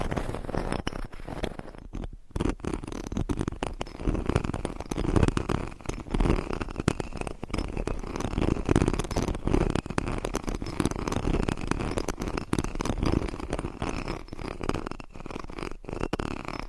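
Fingernails scratch directly across a microphone in dense, continuous rasping strokes, very loud. The scraping is rough and mostly low to mid in tone, with brief near-silent gaps around two seconds and again near fifteen seconds before the scratching resumes.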